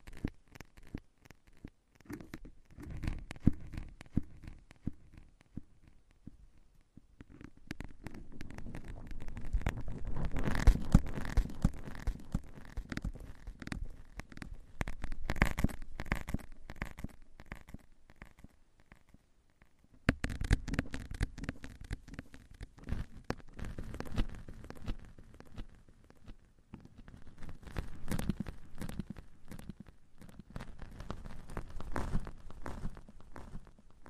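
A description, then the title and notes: Tapping and scratching, with dense clusters of quick taps and rough scraping strokes that swell and fade in waves. Louder bursts come around 10 and 15 seconds, and there is an abrupt cut at 20 seconds before it resumes. A special tapping & scratching ASMR episode.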